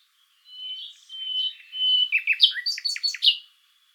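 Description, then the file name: Common nightingale phrase opening with soft drawn-out whistles that swell, then breaking into a quick series of sharp descending chirps. "Luscinia megarhynchos"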